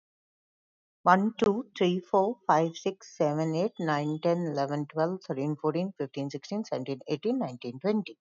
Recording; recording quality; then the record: counting at a fast pace; excellent, no background noise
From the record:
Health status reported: recovered from COVID-19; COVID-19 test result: positive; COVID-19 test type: RT-PCR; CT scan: taken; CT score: 0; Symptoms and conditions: fatigue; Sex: female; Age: 55 years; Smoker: no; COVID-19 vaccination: both doses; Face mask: not worn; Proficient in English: yes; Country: India